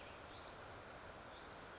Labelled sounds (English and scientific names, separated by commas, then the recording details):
Western Flycatcher (Empidonax difficilis)
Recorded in Sonoma County, California